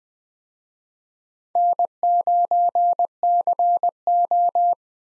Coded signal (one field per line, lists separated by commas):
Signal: Morse code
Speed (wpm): 21 wpm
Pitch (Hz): 700 Hz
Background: none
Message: N9CO